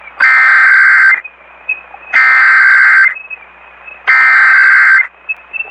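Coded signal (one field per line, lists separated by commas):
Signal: Emergency Alert System (SAME) tones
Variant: header bursts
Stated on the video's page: Required Monthly Test as aired on AM radio station 1450.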